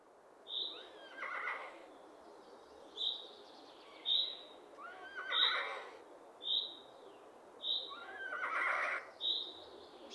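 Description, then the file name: Eurasian jay giving rasping screech calls, three hoarse bursts a few seconds apart, with brief high notes between them. "Garrulus glandarius"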